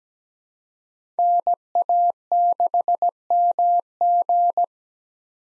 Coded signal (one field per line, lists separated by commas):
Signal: Morse code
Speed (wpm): 17 wpm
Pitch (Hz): 700 Hz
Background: none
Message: NA6MG